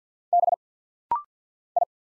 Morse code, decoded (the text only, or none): B I